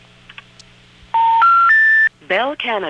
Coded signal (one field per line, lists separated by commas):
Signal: telephone call progress tone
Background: speech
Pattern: special information tone